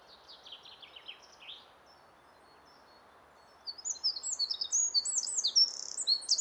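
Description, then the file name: Eurasian wren song: a rapid, high-pitched run of tinkling notes, a brief pause, then a louder burst of fast trills and warbles through the last half. "Troglodytes troglodytes"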